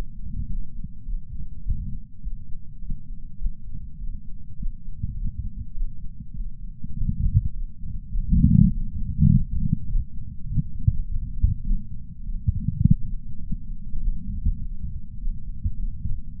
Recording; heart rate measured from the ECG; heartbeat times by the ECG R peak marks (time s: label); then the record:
heart sounds by patch sensor on the chest; 102 bpm
0.48 s: heartbeat
1.06 s: heartbeat
1.64 s: heartbeat
2.23 s: heartbeat
2.82 s: heartbeat
3.40 s: heartbeat
3.99 s: heartbeat
4.58 s: heartbeat
5.17 s: heartbeat
5.76 s: heartbeat
6.35 s: heartbeat
6.95 s: heartbeat
7.54 s: heartbeat
8.12 s: heartbeat
8.72 s: heartbeat
9.30 s: heartbeat
9.88 s: heartbeat
10.48 s: heartbeat
11.06 s: heartbeat
11.65 s: heartbeat
12.24 s: heartbeat
12.84 s: heartbeat
13.42 s: heartbeat
14.01 s: heartbeat
14.60 s: heartbeat
15.19 s: heartbeat
15.78 s: heartbeat
16.36 s: heartbeat
From the record:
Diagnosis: coronary artery disease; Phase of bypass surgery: postoperative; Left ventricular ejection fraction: 62.1%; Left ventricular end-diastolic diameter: 45 mm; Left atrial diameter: 33 mm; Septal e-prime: 6.9 cm/s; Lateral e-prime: 10.6 cm/s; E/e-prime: 10.6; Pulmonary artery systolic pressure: 22 mmHg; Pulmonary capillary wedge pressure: 8 mmHg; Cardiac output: 5.1 L/min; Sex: female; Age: 52 years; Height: 163 cm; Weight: 80 kg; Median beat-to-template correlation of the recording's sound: 0.72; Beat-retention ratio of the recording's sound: 0.98